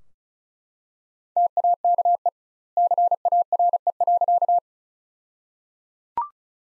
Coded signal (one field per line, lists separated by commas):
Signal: Morse code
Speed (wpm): 36 wpm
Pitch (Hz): 700 Hz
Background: none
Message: TAKE CARE.